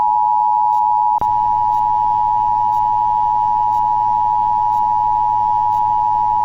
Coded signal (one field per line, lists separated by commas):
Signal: Emergency Alert System (SAME) tones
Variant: 853 and 960 Hz attention tone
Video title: (ARCHIVED) The First Local Area Emergency that I have got. (EAS #85)